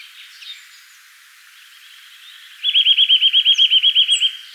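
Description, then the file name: Eurasian nuthatch delivering a loud, rapid trill of many evenly spaced piping notes, after a quiet stretch with faint notes. "Sitta europaea"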